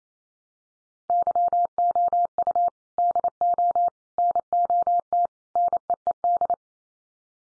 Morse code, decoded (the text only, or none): YOU DO NOT NEED